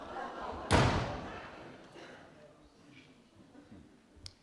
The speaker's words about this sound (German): Hat er schon wieder geklopft? Kerl! Du klopfst ja 1000 Jahre!